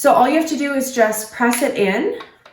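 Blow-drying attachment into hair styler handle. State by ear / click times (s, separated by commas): not seated / none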